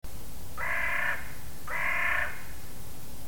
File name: Corvus corone